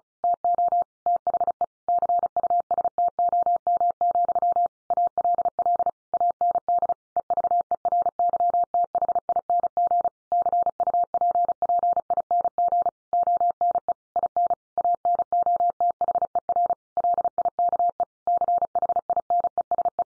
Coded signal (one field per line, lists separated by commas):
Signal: Morse code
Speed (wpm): 34 wpm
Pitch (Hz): 700 Hz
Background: none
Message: TO THE CUSTOM, ALL AND EVERYTHING CUPPING ONE IN ANOTHER LIKE CHINESE